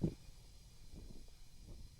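A tire is being inflated on a wheel rim after being mounted with bars and lube, with the bead about to pop onto the rim. A brief low thump sounds at the very start, followed by a quiet, steady low rumble with faint hiss. Nothing has seated or popped yet.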